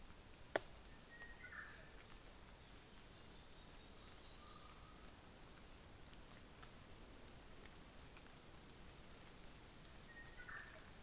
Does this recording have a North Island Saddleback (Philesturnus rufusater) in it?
no